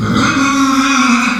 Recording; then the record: squeal of a Yucatan mini pig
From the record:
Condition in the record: after surgery on the right vocal fold (resection and tissue-engineered implant); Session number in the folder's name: 14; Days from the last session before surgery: 133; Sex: female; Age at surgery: 19 weeks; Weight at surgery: 25 kg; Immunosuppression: prednisolone